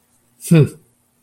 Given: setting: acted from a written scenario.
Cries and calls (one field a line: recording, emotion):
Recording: vocal sound without words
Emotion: neutral